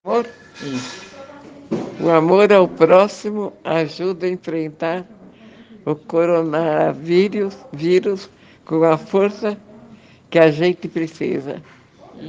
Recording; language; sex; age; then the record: spoken sentence; Brazilian Portuguese; female; 90 to 99 years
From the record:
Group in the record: respiratory insufficiency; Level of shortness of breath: 5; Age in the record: 90 years or older